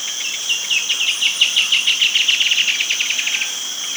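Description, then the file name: Bird trilling in rapid, slightly uneven chirps for about three seconds against a constant shrill insect hum. "SABIOD 50 bird 2015"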